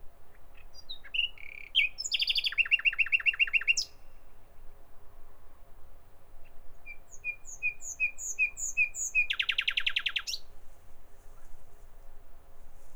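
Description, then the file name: Common nightingale song: varied phrases with a fast rattling trill, then a slow series of soft repeated whistled notes, building into a loud, rapid churring burst. "Nachtigall"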